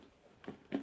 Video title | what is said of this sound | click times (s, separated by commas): COOSOLUX Solar Work Light with Telescopic Stand, IP65 Waterproof Outdoor LED Camping Lights with 2 | they lock into place correctly | 0.4 s, 0.8 s